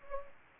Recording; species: mosquito wingbeat signal from an infrared sensor; Anopheles gambiae